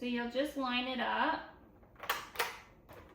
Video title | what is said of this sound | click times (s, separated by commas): Shark VacMop Review: Is This Cordless Vacuum Mop Worth It? | and you'll hear it click. | 2.1 s, 2.4 s